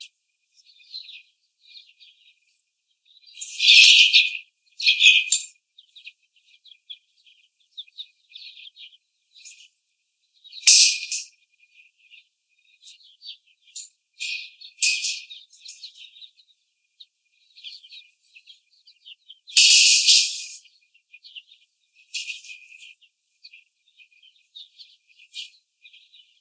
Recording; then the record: young laying hens in a cage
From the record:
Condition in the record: after the stressor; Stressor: simulated dog barking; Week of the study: 4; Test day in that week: 3